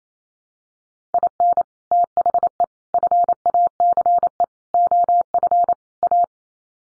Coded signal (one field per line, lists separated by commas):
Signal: Morse code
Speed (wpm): 28 wpm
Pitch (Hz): 700 Hz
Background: none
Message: IN THE FACE OF A